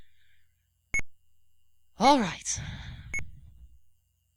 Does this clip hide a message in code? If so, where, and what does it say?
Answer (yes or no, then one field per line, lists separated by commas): no